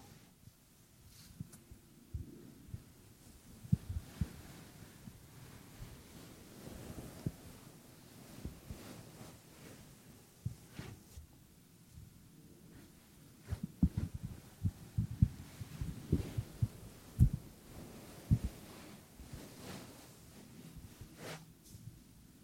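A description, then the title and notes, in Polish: Ear cleaning: muffled low thumps and soft rubbing scrapes sound in an uneven, stop-start pattern over a dull hum. Short sharp clicks and crackles break through now and then, growing busier and louder from about 13 to 18 seconds before easing off again. CZYSZCZENIA USZU ASMR po polsku.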